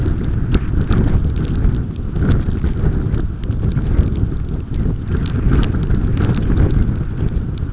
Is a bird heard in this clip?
no